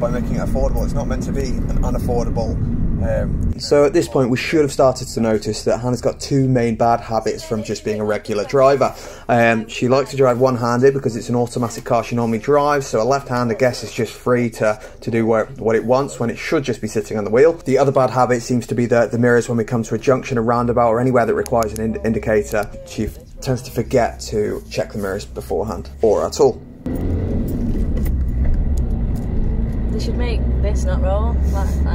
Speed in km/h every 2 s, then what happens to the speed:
35, 23, 10, 2, 0, 0, 0, 0, 0, 2, 15, 16, 24, 27, 34, 40.
0-6 brakes to 2. 6-18 standing. 18-32 pulls away to 40.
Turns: none.